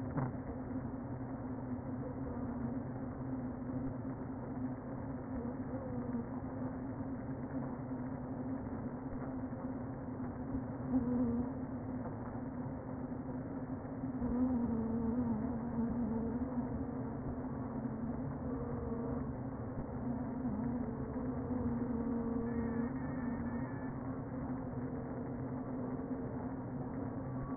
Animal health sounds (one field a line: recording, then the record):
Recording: honeybee colony, microphone inside the hive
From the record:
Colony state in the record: queen present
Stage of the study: before two queens were removed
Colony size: about 60,000 bees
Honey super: yes